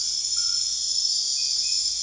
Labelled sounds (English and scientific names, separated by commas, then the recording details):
none
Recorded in secondary vegetation near Puerto Asís, Putumayo, Colombia, on 25 June 2025 at 23:30
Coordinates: 0.485, -76.322
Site GP06